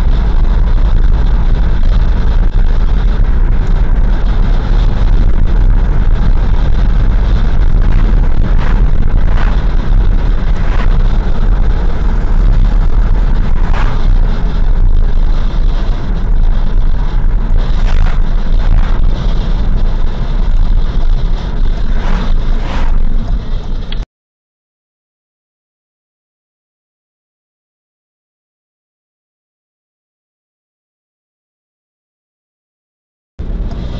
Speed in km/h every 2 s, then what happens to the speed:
79, 83, 83, 85, 82, 80, 77, 71, 64, 62, 52, 32, 16, 23, 26, 25, 35.
0-6 speeds up to 85. 6-23 brakes to 16.